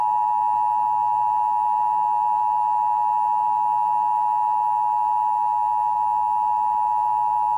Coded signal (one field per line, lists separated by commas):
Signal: Emergency Alert System (SAME) tones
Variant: 853 and 960 Hz attention tone